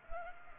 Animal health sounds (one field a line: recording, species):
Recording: mosquito wingbeat signal from an infrared sensor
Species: Culex pipiens